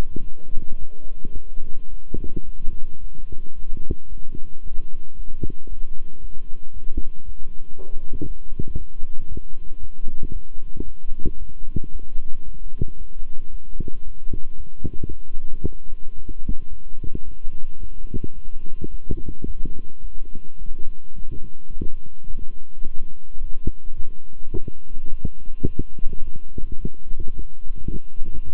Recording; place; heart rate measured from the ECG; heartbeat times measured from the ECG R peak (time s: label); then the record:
heart sounds by stethoscope; between the tricuspid and mitral areas; 111 bpm
0.22 s: heartbeat
0.77 s: heartbeat
1.33 s: heartbeat
1.89 s: heartbeat
2.44 s: heartbeat
2.99 s: heartbeat
3.54 s: heartbeat
4.08 s: heartbeat
4.61 s: heartbeat
5.15 s: heartbeat
5.68 s: heartbeat
6.20 s: heartbeat
6.72 s: heartbeat
7.24 s: heartbeat
7.75 s: heartbeat
8.26 s: heartbeat
8.76 s: heartbeat
9.27 s: heartbeat
9.79 s: heartbeat
10.31 s: heartbeat
10.84 s: heartbeat
11.37 s: heartbeat
11.91 s: heartbeat
12.44 s: heartbeat
12.97 s: heartbeat
13.50 s: heartbeat
14.03 s: heartbeat
14.56 s: heartbeat
15.09 s: heartbeat
15.61 s: heartbeat
16.14 s: heartbeat
16.68 s: heartbeat
17.23 s: heartbeat
17.78 s: heartbeat
18.34 s: heartbeat
18.90 s: heartbeat
19.45 s: heartbeat
20.00 s: heartbeat
20.58 s: heartbeat
21.14 s: heartbeat
21.70 s: heartbeat
22.26 s: heartbeat
22.82 s: heartbeat
23.38 s: heartbeat
23.95 s: heartbeat
24.52 s: heartbeat
25.09 s: heartbeat
25.66 s: heartbeat
26.22 s: heartbeat
26.79 s: heartbeat
27.35 s: heartbeat
27.90 s: heartbeat
28.44 s: heartbeat
From the record:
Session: walking at 3.7 km/h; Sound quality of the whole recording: good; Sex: male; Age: 26 years